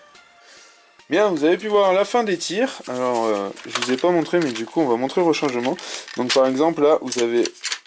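Someone talks while handling the emptied plastic dart cylinder of a Zuru X-Shot Xcess foam-dart toy blaster during a cylinder change, about to turn it until it locks. Nothing has seated or clicked yet; the cylinder is not yet home when the clip ends.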